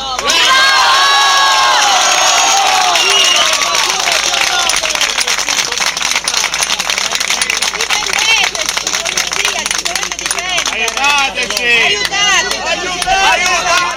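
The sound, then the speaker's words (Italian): A large crowd of protesters shouting, a dense, loud roar of many overlapping raised voices that carries on without a break, with occasional higher yells rising above the mass. “Comunque abbiamo potuto sentire dall'audio quante persone c'erano.”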